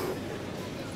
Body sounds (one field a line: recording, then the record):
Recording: coughing mixed with background sound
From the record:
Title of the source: Coughing 77